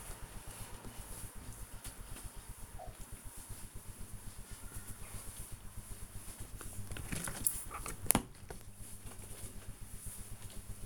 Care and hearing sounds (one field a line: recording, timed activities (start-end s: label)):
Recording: household activities, microphone on the right wrist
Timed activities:
0.00-10.86 s: window cleaning